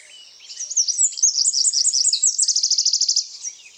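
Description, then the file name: Eurasian wren song: piercing high notes tumble quickly, then break into a fast, metallic trill of many even pulses before ending sharply. "Troglodytes troglodytes"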